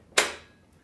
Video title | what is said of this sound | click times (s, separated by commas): Dad Sews Threads A Serger With a Puff Of Air - how to thread a Juki MO-2000QVP | now make sure you flip up the lever that turns the air on and turn the dial until you hear a big click that's the metal pieces aligning so it can shoot the thread through with a puff of air | 0.2 s